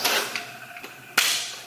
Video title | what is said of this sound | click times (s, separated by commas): INSTALL: Land Cruiser FJ40 Seat Install (Sportline) - scheel-mann | down so you pull up to slide back and this just pops into place | 1.2 s